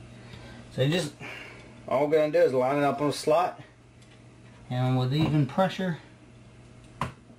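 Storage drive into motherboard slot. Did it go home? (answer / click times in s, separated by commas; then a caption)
yes / 7.0 s. Someone talks while a storage drive is pushed down into its motherboard slot with even pressure. A single sharp snap at 7.0 s marks its clip catching, and the drive is confirmed seated, with no gold pins left showing.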